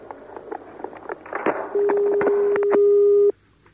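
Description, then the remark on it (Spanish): Clicks and handling noise, then a single steady, mid-pitched ringback tone on a phone line as a call is placed to the Teléfono de la Esperanza helpline, holding for about a second and a half before cutting off abruptly. “está llamando al teléfono de la esperanza”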